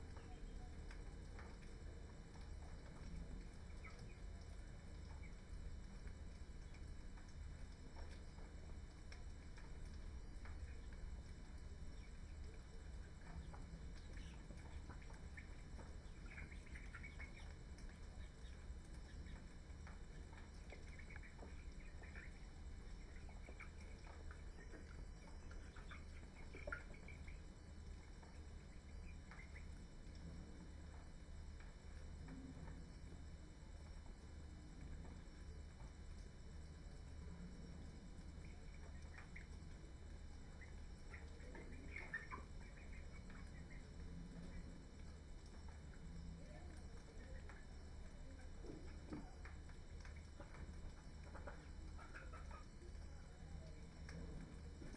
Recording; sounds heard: poultry house recording; healthy chickens